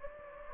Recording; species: mosquito wingbeat signal from an infrared sensor; Anopheles gambiae